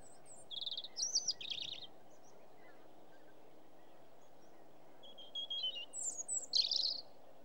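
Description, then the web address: European robin singing twice, each time a short run of high notes with varied pitch, separated by a few seconds of low hiss. "BBC Sound Effects Library. Robin's Song"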